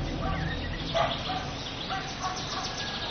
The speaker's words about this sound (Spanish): un gallo de las proximidades rasgó el silencio del alba con un canto largo y estridente.